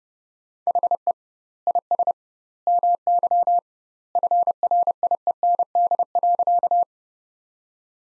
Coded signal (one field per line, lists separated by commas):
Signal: Morse code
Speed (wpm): 30 wpm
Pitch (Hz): 700 Hz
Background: none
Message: HE IS MY FRIEND.